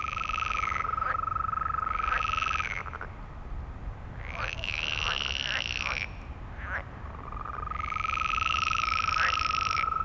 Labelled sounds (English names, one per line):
Green Toad call